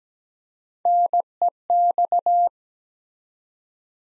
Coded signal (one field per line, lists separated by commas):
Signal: Morse code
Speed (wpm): 17 wpm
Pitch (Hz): 700 Hz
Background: none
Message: NEX